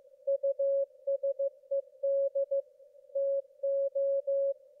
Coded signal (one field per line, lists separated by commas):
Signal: Morse code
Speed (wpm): 15 wpm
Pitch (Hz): 550 Hz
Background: none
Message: USED TO